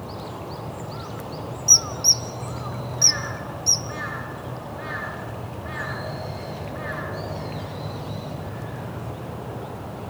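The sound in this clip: Kingfisher calls: four sharp, high, piercing notes early on, over a steady background hiss.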